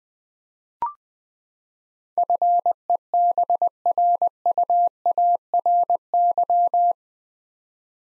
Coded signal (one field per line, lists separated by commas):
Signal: Morse code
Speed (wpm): 20 wpm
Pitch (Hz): 700 Hz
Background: none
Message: FEBRUARY